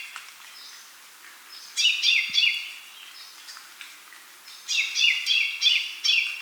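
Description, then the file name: Common chaffinch song: two phrases of rapid, ringing repeated notes separated by a quiet gap with steady background noise. "Fringilla coelebs"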